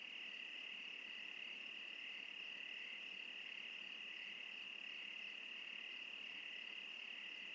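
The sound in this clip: Crickets chorusing with an unbroken shrill trill.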